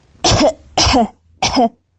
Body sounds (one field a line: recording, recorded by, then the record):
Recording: voluntary cough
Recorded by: messaging app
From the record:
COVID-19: negative